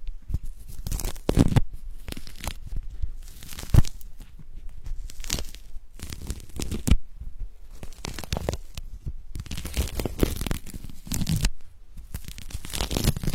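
Someone peels a tangerine, with bursts of ripping and crinkling peel coming irregularly every second or two.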